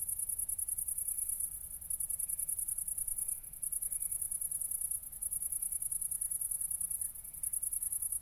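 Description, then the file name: Cricket chirping, a fast high-pitched pulsed trill in bursts, over a low background rumble. Crickets recorded at night, 00:53 on 4 August 2014, at Nordring, Kirchmöser, Brandenburg, Germany. "City Country Me Brandenburg Kirchmoeser Nordring Grillen 201408040053"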